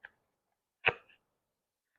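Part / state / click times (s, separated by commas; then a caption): plastic side piece into push-up board / not seated / none. A plastic side piece is handled and dropped down into its slot on a push-up board. There is a faint tap at 0.1 s, a strong broadband knock at about 0.9 s, and a softer rattle near 1.1 s. Nothing has seated or clicked yet.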